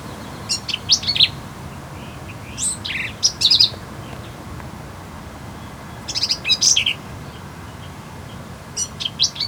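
Black-capped vireo song: short bursts of harsh, buzzy, jumbled high notes, phrases spaced a few seconds apart, over a steady low background hiss.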